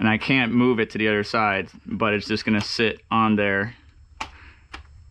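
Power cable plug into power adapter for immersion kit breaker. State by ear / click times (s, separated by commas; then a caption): seated / 4.2 s. Someone talks while a power cable plug is pushed into the awkward power adapter feeding the breaker of a FogHashing C1 immersion kit, which supplies power to the dry cooler fan. After the talking stops, a sharp click at 4.2 s marks the plug seating in the adapter, followed by a fainter tick at 4.7 s.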